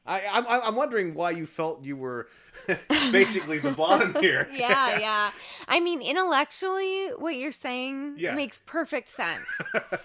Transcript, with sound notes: I’m wondering why you felt you were basically the bottom here. (laughs)
Yeah, yeah. I mean, intellectually, what you’re saying makes perfect sense.